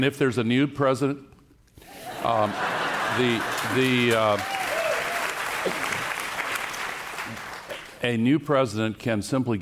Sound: Laughter / Applause

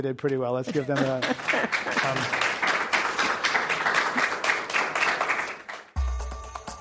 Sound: applause

